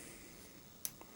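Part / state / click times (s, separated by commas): ball-head panning base detent in its 15° indexed stop / seated / 0.8 s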